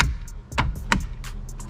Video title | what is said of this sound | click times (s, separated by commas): AUXITO BRAKE LIGHTS ON MY 2019 KIA SEDONA(UNBOXING AND INSTALL) | the clicks and that's it | 0.0 s, 0.9 s